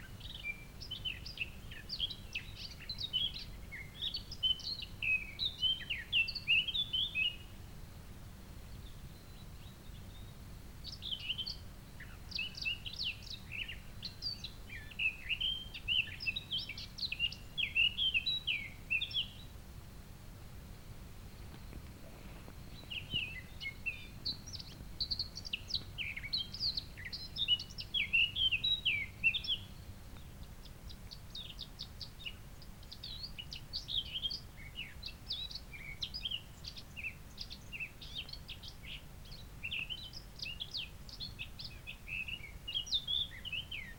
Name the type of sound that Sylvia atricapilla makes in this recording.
song